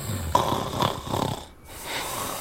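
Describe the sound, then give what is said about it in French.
A sleeping father on a living-room sofa snores in a steady rhythm, three rough, rasping breaths at moderate loudness with brief pauses between, and no talking. “On dirait des gros chamallows qui se gonflent en ronflant.”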